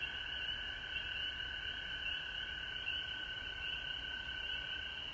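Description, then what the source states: Many frogs trilling together, a high wavering chorus over a lower steady whining tone, continuous for the whole stretch. Frogs recorded at home in Georgia on March 19, 2020.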